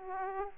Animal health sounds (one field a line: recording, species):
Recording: mosquito wingbeat signal from an infrared sensor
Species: Aedes aegypti